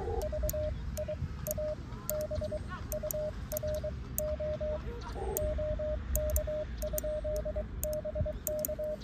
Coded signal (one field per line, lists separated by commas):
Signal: Morse code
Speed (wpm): 22 wpm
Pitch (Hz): 610 Hz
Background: radio noise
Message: VIA BURO OK? BK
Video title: 모스 부호로 일본 OM님께 거짓말을 해보자